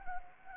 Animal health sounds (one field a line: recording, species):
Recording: mosquito wingbeat signal from an infrared sensor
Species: Anopheles gambiae